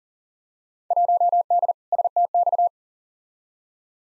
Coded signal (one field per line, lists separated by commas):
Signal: Morse code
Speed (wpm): 37 wpm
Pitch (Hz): 700 Hz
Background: none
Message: 1D STX